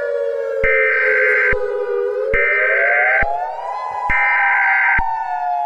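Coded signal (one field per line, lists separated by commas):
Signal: Emergency Alert System (SAME) tones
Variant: header bursts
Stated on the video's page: Fictional mini EAS scenario about a nuclear power plant meltdown, not a real alert.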